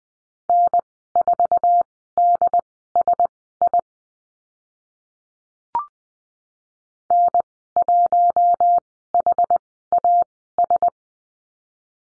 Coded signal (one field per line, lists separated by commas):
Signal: Morse code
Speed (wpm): 20 wpm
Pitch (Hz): 700 Hz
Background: none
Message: N4DSI N1HAS